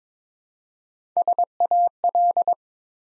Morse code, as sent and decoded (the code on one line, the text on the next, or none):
... .- .-..
SAL